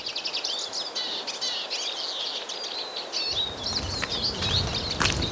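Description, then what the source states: Eurasian siskin song: rapid twittering and chattering phrases with a drawn-out wheezy note, running on for several seconds while a low rumble begins partway through. Wintering birds singing in February despite cold, sensing spring first and soon leaving for the north; recorded at a deciduous forest edge near a housing estate, Poland, 9 March 2024.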